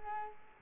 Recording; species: mosquito wingbeat signal from an infrared sensor; Culex pipiens